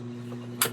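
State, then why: Seated. A newer pressure cooker's lid is closed onto its pot and locks with a sharp click at 0.6 s, over a steady low hum. The lid is seated and locked, unlike an older cooker whose lid closes with no click.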